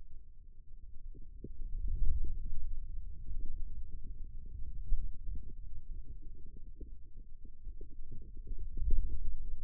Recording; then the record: forearm muscle sounds (acoustic myography)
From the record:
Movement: ulnar deviation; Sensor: system 2, bracelet of six BSWA MPA416 microphones around the upper forearm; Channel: 6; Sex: male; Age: 22 years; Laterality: right